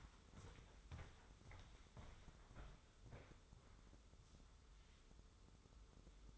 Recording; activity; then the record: daily activity, microphone in the room; walk to room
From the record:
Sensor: 3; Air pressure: 995.6 hPa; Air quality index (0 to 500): 86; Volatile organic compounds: 8 ppm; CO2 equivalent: 2088 ppm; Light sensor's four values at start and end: 27/82/34/30 and 27/83/35/30